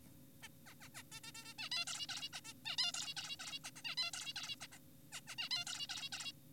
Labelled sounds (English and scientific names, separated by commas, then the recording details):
Zebra Finch (Taeniopygia guttata)
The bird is an adult
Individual g4p5U